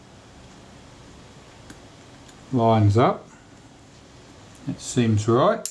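The outer case of a Kodak Retina IIIC camera, which only fits one way, is lowered onto the camera body and lined up with a small locating post, with only quiet handling noise and a faint tick at 1.7 s while someone talks. The case has not clicked or seated yet.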